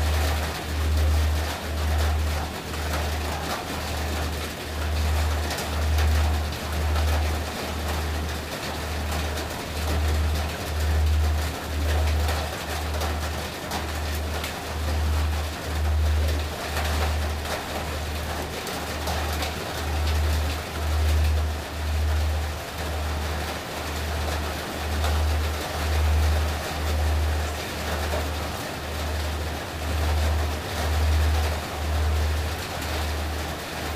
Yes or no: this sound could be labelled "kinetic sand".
no